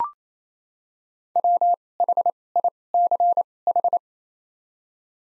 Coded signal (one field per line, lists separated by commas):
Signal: Morse code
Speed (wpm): 28 wpm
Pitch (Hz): 700 Hz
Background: none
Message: W H I C H